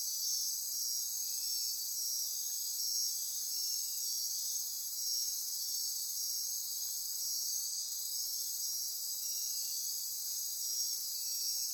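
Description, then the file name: Insects in a constant high-pitched chorus of dense trills, with occasional short lower chirps at irregular intervals. Insect chorus recorded at midnight near Corcovado. "Wind-is-the-Original-Radio-Fridays Andy-Martin Midnight-Insect-Chorus-Near-Corcovado"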